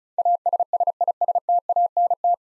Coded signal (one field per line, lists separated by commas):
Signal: Morse code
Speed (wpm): 36 wpm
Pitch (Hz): 700 Hz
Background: none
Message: ASSISTANT